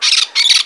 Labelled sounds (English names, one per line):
Brown-throated Parakeet contact call